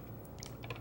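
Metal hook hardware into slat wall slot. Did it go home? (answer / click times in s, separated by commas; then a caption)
no / none. A heavy-duty metal hook is being handled at a slot in a commercial slat wall panel, with slots spaced 3 inches on center, as it is slipped up and in to be locked so it cannot pull loose. Short, faint clicks and light scraping sound around 0.4 to 0.7 seconds. Nothing has seated or locked yet.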